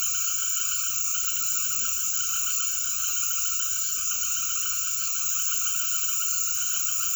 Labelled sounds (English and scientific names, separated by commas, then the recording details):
none
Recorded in secondary vegetation near Puerto Asís, Putumayo, Colombia, on 20 February 2024 at 18:30
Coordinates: 0.500, -76.326
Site G6428